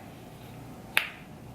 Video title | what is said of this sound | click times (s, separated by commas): January Favorites - Makeup, Skincare & Hair! | Hear that? Did you hear that? I like when things click into place like that. | 1.0 s